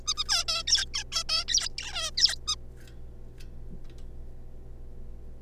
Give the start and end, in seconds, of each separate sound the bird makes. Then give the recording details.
0.07-0.14, 0.17-0.24, 0.28-0.44, 0.48-0.63, 0.67-0.85, 0.94-1.04, 1.12-1.23, 1.29-1.44, 1.78-2.10, 2.17-2.35, 2.48-2.55. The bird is a juvenile. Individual R3549